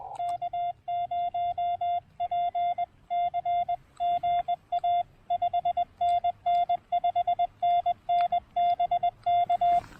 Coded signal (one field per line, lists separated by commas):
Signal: Morse code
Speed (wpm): 21 wpm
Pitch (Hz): 700 Hz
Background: none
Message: K0PC GA 5NN 5NN BK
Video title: Keying In The Rain: One Very Soggy POTA Activation!